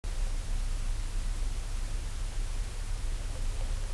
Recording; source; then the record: accelerometer signal; Varroa mite flipping itself over from its back (gravitational reflex)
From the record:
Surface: petri dish